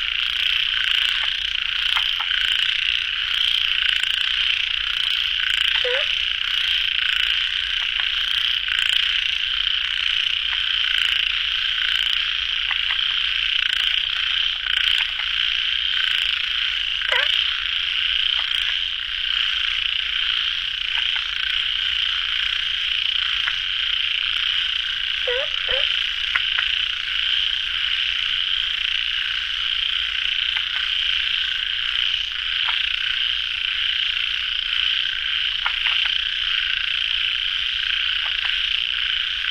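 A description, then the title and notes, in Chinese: Frogs call at a pond late at night, a dense, unbroken chorus of high, rapid trilling that holds steady for the whole recording. A few lower, separate croaks stand out briefly around 6, 17 and 25 seconds against the constant wall of calls. 深夜水塘蛙声伴你入眠。声音都是我亲自去田野里录的。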